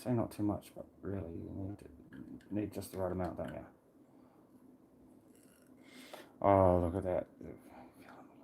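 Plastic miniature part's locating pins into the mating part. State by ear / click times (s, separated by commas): not seated / none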